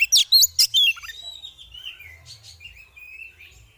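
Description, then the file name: Oriental magpie-robin chirping: four loud, bright whistled notes at the start, followed by softer sliding whistles that fade away. Female bird; therapy audio; 'ngeriwik ngeplong' style of calling. "Terapi Suara Burung Kacer Betina Ngeriwik Ngeplong"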